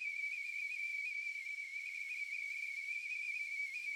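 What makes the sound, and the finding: Simulated tone (tea kettle whistle). Tinnitus simulation.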